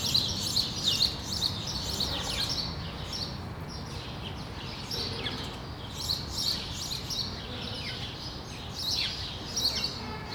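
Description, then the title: Sparrows chattering with repeated short chirps in irregular runs, over a low hum. Sparrows on Rue de l'épargne, Brussels, Belgium, recorded for World Sparrow Day with Lom mikroUši AB microphones into a Deity PR-2 recorder. "Rue de l'épargne, Bruxelles, Bruxelles-Capitale, Belgique - World Sparrow Day"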